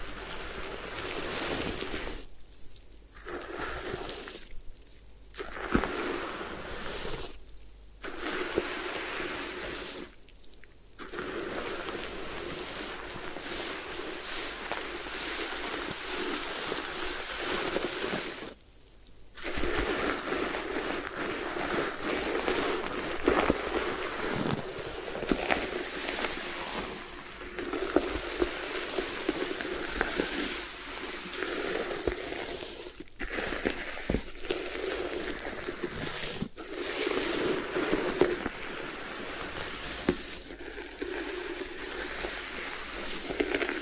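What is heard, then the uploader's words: A head spa hair wash: a steady, dense wet rushing and rubbing, broken by brief pauses early on, with small clicks and taps throughout. Head Spa Hair Wash, Massage, Ear Cleaning.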